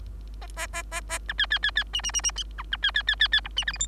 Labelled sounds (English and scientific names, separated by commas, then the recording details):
Bengalese Finch (Lonchura striata domestica) song
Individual Bird3